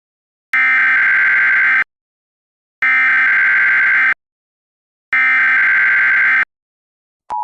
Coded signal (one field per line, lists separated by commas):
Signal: Emergency Alert System (SAME) tones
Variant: header bursts